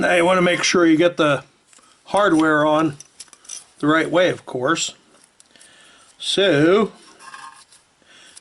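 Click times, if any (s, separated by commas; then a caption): none. A thin stamped-steel brake pad abutment clip is handled at the front caliper bracket of a 2017 Chevy Trax during a front brake pad replacement, while someone talks. Faint light metallic ticks and rubbing come from the hardware between the speech. Nothing has seated or clicked yet.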